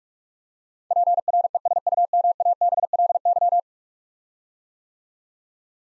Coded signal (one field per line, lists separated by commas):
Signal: Morse code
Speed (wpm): 44 wpm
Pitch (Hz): 700 Hz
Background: none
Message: PRESUMABLY